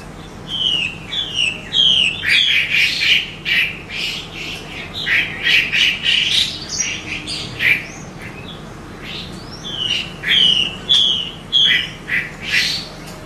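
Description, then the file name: Hwamei song, a long varied run of whistled and slurred notes, phrases in quick bursts with brief gaps. Female bird. "hwamei betina omkicau"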